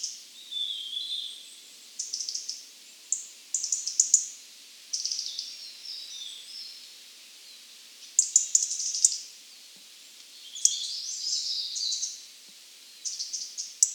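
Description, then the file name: European robin song of high, tinkling, varied phrases in separate bursts every couple of seconds, some rising and falling, over a quiet hiss. "Erithacus rubecula"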